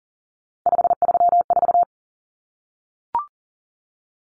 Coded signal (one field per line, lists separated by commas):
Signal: Morse code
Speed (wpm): 40 wpm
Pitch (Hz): 700 Hz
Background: none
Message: 534